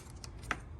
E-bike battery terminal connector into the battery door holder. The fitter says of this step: it snaps in place